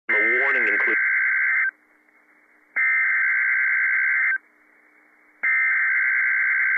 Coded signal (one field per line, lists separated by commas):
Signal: Emergency Alert System (SAME) tones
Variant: header bursts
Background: speech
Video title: PDS SVR & PDS TOR - EAS #1,253 & 1,254 - 3/25/15 7:02 PM